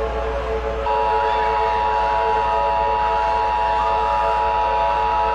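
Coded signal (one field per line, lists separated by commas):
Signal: Emergency Alert System (SAME) tones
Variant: 853 and 960 Hz attention tone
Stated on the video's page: Fictional EAS scenario analog horror with valid EAS tones.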